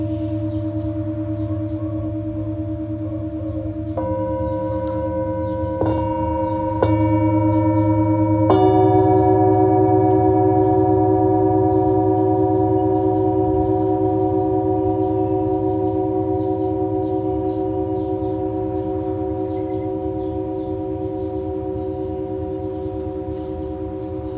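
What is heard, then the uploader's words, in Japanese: Tibetan singing bowls ring in a sound healing session, layered tones humming steadily from the start. New bowls are struck around 4, 6, 7 and 8.5 seconds, each adding bright overtones and a slight swell. The blended drone then sustains and slowly fades. メキシコからチベタンシンギングボウルのサウンドヒーリングライブ。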